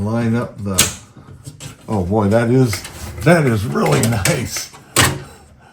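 An aluminum front skid plate is handled and lined up against its quick-release clip mounts under a car while someone talks, with a few short handling noises between the words. Nothing has seated or clicked into the clips yet.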